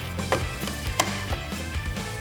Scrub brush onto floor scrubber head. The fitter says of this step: Put it back on, give it a little click, and it locks in place.